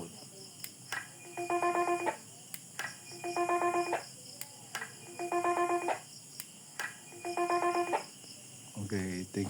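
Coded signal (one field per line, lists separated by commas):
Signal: roger beep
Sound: four short warbling multi-note beep bursts, each framed by radio key clicks and squelch hiss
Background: radio static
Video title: ROGERBEEP for radio transceivers with 250 beep over tones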